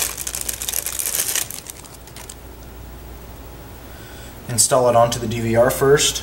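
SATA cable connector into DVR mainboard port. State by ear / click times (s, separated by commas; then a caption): not seated / none. A blue SATA cable is picked up and unwrapped or lined up with crinkling and several sharp rustling ticks in the first 1.5 seconds, before it is plugged into the DVR mainboard port. A quieter stretch follows, then someone talks near the end. Nothing has seated or clicked yet.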